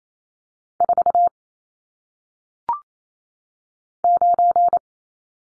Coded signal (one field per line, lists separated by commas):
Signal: Morse code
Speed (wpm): 28 wpm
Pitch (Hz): 700 Hz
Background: none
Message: 4 9